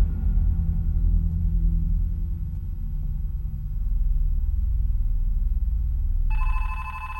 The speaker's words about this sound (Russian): На столе звонит телефон.